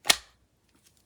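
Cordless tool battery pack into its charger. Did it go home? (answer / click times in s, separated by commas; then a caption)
yes / 0.1 s. An 18 V Ryobi cordless power tool battery pack is pushed into its plastic charger and snaps home with one sharp, loud click at 0.1 s, followed by a few faint small ticks. The pack is firmly seated, which it must be in order to charge.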